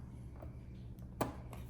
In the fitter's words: there you go. So it pops right in.